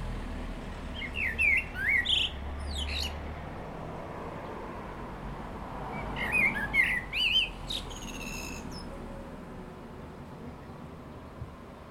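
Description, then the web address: Common blackbird song, two mellow warbled phrases about five seconds apart, each fluty whistling notes followed by high scratchy twittering, with a faint steady hiss. "pub SETE data Turdus merula"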